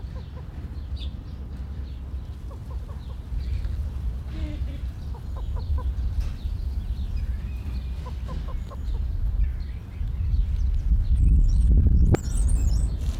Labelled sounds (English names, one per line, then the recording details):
Wattled Starling
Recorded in captivity
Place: Zoo Berlin, Berlin, DE
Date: 1995-03-14 14:30
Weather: bedeckt, -1°C, böiger Wind
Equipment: Sony WM-D6C, Sennheiser ME 80, Kopie Uher Variocord 263
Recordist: Tembrock, Günter